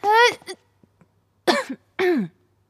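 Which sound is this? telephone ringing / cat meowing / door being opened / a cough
a cough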